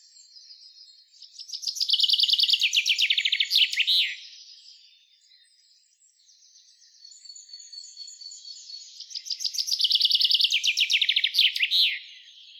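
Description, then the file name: Common chaffinch song: two bright descending trills, each about three seconds and ending in a sharp flourish, roughly eight seconds apart. "Fringilla coelebs"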